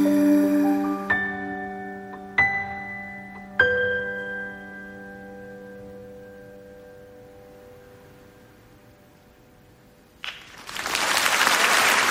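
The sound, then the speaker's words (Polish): Three sustained musical chords ring out and slowly fade, then a loud burst of audience applause erupts near the end and continues to the close, with no voices. “Brawa muszą być.”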